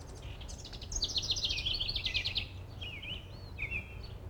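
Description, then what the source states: Wren song: one energetic, rapidly repeated trill of high chattering notes, then a few softer twittering and whistled slurs, over constant low background noise. Singing, with some background noise.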